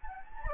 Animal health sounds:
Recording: mosquito wingbeat signal from an infrared sensor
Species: Anopheles gambiae

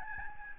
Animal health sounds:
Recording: mosquito wingbeat signal from an infrared sensor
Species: Aedes albopictus

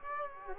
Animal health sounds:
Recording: mosquito wingbeat signal from an infrared sensor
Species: Culex quinquefasciatus

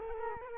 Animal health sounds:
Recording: mosquito wingbeat signal from an infrared sensor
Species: Culex quinquefasciatus

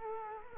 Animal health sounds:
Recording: mosquito wingbeat signal from an infrared sensor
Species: Culex quinquefasciatus

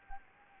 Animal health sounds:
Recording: mosquito wingbeat signal from an infrared sensor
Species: Anopheles arabiensis

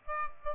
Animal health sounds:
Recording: mosquito wingbeat signal from an infrared sensor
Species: Aedes aegypti

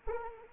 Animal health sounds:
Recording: mosquito wingbeat signal from an infrared sensor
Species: Anopheles arabiensis

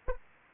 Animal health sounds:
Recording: mosquito wingbeat signal from an infrared sensor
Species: Anopheles arabiensis

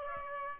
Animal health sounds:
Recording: mosquito wingbeat signal from an infrared sensor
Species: Aedes aegypti

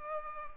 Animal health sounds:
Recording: mosquito wingbeat signal from an infrared sensor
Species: Culex pipiens

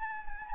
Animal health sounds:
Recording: mosquito wingbeat signal from an infrared sensor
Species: Anopheles gambiae

